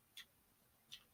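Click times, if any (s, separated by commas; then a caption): none. A plastic assembly is pulled down toward the chest of a plastic transforming action figure while the figure is being transformed. Two brief, bright, high-pitched ticks of handling sound are heard, around 0.2 s and 0.9 s, over a faint steady background. The assembly has not locked onto the chest yet, and nothing has seated or clicked.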